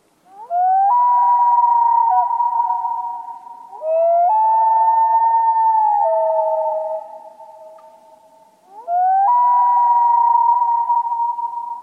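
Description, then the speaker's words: Common loon wail, long mournful tones that swoop up and hold, sliding between two pitches, three drawn-out cries each lasting several seconds with only brief dips between them. Haunting call of the common loon in the northern United States, where populations were once feared threatened by habitat loss and human development. "and bird lovers worried that habitat loss and human development might silence forever the haunting call of the common loon in the northern U.S."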